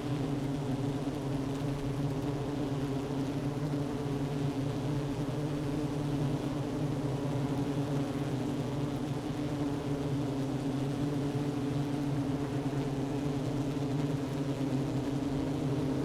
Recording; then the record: honeybee colony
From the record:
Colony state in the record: active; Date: 12 June 2018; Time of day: 11:08